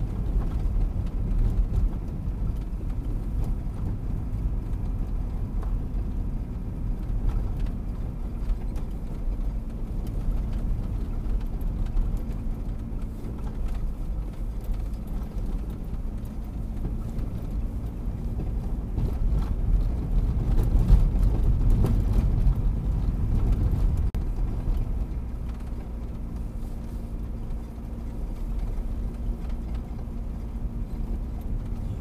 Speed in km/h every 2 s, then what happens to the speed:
35, 33, 33, 31, 30, 29, 28, 27, 30, 32, 33, 33, 31, 30, 30, 30.
0-13 slows to 27. 20-32 steady at about 30.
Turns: none.